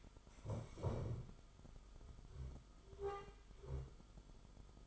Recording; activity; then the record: daily activity, microphone in the room; stand up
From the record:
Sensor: 5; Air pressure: 1005.1 hPa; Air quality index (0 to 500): 105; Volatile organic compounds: 2 ppm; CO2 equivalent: 1284 ppm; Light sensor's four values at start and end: 34/80/32/30 and 34/79/32/30